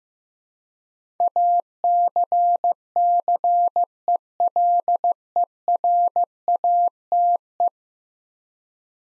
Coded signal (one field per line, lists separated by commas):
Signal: Morse code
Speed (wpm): 15 wpm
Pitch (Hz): 700 Hz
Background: none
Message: ACCELERATE